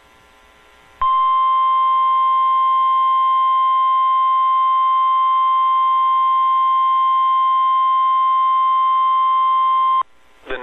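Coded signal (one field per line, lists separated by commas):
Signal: Emergency Alert System (SAME) tones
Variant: 1050 Hz attention tone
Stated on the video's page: Tornado Warning relayed on NOAA Weather Radio station KZZ81 Chicago, requested EAS activation from National Weather Service Chicago.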